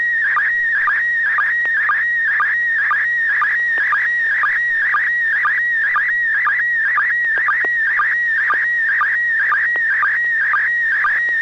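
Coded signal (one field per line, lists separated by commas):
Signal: SSTV (slow-scan television)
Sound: warbling, whistling tone with steady rhythmic clicks about twice a second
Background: low steady hum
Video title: N6NA SSTV Net - 10/12/2022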